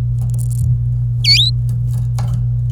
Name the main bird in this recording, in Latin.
Serinus canaria